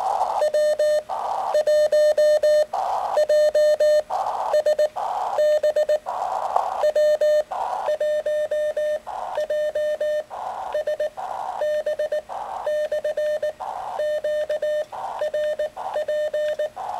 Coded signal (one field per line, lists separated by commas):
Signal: Morse code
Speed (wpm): 19 wpm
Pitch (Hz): 600 Hz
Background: none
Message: W1JSB W1JSB/QRP